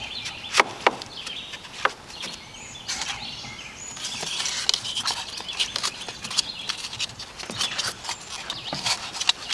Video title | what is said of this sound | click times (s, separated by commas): Finished The Floor - Building Nudura - DIY | you hear that snap that's the clips biting it in place and as you can see | 0.9 s, 4.7 s, 9.3 s